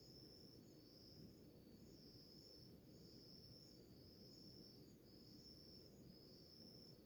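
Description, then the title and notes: Crickets trilling together, the high shimmering note swelling and easing in waves, with a broad low noise bed underneath. Chorus of crickets in the early morning, in a village in the middle of the Mata Atlântica rainforest. "Crickets, firsts birds in the early with morning rooster to deep relax - Grilos, pássaros e galo nas primeiras horas da manhã. Ouça a sinfonia de grilos em uma relaxante vila em meio a Mata Atlântica"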